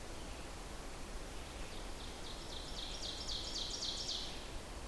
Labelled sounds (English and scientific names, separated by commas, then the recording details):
Ovenbird (Seiurus aurocapilla) song
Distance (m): 65 m
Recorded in boreal forest in Alberta, Canada, on 14 June 2016 at 08:25
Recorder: SongMeter 3, array SBT-3-33
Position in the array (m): 108 m, 136 m
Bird 21